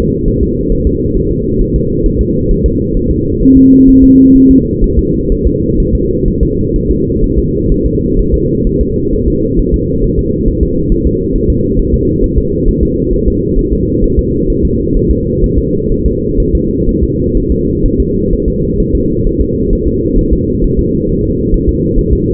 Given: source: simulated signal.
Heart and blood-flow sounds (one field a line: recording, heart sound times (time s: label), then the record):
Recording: fetal heart sounds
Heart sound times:
0.28 s: S1
0.43 s: S2
0.72 s: S1
0.87 s: S2
1.17 s: S1
1.31 s: S2
1.61 s: S1
1.76 s: S2
2.06 s: S1
2.21 s: S2
2.51 s: S1
2.66 s: S2
2.97 s: S1
3.11 s: S2
3.43 s: S1
3.57 s: S2
3.89 s: S1
4.04 s: S2
4.36 s: S1
4.51 s: S2
4.84 s: S1
4.99 s: S2
5.32 s: S1
5.47 s: S2
5.80 s: S1
5.95 s: S2
6.28 s: S1
6.43 s: S2
6.76 s: S1
6.91 s: S2
7.24 s: S1
7.39 s: S2
7.72 s: S1
7.86 s: S2
8.19 s: S1
8.34 s: S2
8.67 s: S1
8.81 s: S2
9.14 s: S1
9.28 s: S2
9.59 s: S1
9.74 s: S2
10.04 s: S1
10.19 s: S2
10.48 s: S1
10.63 s: S2
10.92 s: S1
11.07 s: S2
11.36 s: S1
11.50 s: S2
11.79 s: S1
11.94 s: S2
12.24 s: S1
12.38 s: S2
12.68 s: S1
12.83 s: S2
13.14 s: S1
13.28 s: S2
13.59 s: S1
13.73 s: S2
14.04 s: S1
14.19 s: S2
14.50 s: S1
14.65 s: S2
14.97 s: S1
15.11 s: S2
15.44 s: S1
15.58 s: S2
15.92 s: S1
16.06 s: S2
16.40 s: S1
16.55 s: S2
16.89 s: S1
17.04 s: S2
17.37 s: S1
17.52 s: S2
17.86 s: S1
18.00 s: S2
18.33 s: S1
18.48 s: S2
18.80 s: S1
18.95 s: S2
19.27 s: S1
19.41 s: S2
19.73 s: S1
19.88 s: S2
20.19 s: S1
20.33 s: S2
20.64 s: S1
20.79 s: S2
21.09 s: S1
21.24 s: S2
21.54 s: S1
21.69 s: S2
21.99 s: S1
22.13 s: S2
From the record:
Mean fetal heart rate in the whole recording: 130 bpm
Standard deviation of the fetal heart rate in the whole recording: 4 bpm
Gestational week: 38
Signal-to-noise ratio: -14.7 dB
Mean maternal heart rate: 72 bpm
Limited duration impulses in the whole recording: present